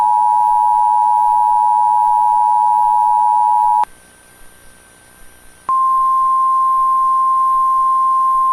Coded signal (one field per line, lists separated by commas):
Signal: Emergency Alert System (SAME) tones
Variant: 853 and 960 Hz attention tone